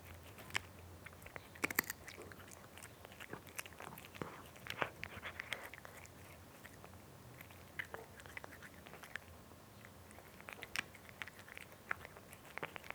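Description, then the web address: Cat crunching and chewing, a steady run of sharp crisp bites and clicks for the whole stretch. Domestic cat eating, described as a nice crunchy sound. "BBC Sound Effects Library BBC - Cats Cat Eating (Nice Crunchy Sound)"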